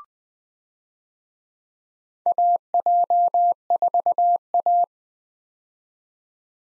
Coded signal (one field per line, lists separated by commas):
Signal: Morse code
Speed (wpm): 20 wpm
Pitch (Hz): 700 Hz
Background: none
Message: AJ4A